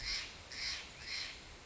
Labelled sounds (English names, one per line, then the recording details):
Steller's Jay
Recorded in Sonoma County, California